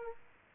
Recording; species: mosquito wingbeat signal from an infrared sensor; Aedes aegypti